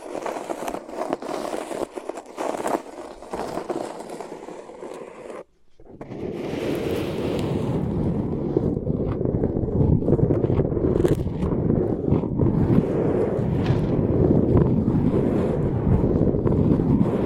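Mics under tape give a muffled, rubbing texture: for the first five seconds, soft uneven scratching and thumps, then a brief silence near 5.5 seconds. After that, denser, louder low rustling and crinkling runs steadily to the end, with sharper ticks scattered throughout.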